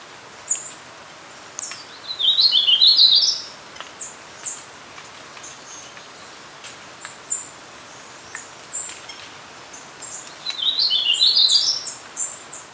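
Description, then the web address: Brown-capped vireo giving two brief high warbled phrases about eight seconds apart, with scattered faint chirps in between. Ecuador. "Birds of Ecuador. Brown-capped Vireo"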